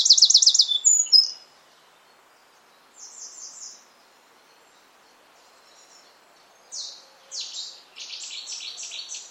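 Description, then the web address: Bird chirps in a sharp trilled burst at the start, a quieter phrase midway, then renewed high stuttering notes near the end, with silence in between. "cianscape birddata Deverinetal 2025"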